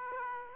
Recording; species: mosquito wingbeat signal from an infrared sensor; Aedes aegypti